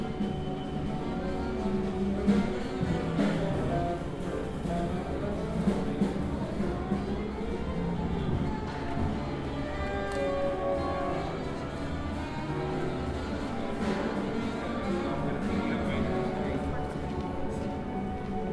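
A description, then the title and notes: A steady, dense jumble of overlapping music from practice rooms, with tones in the low and middle range and occasional sharper notes, London. Musical cacophony pouring through the open windows of practice rooms, London, UK.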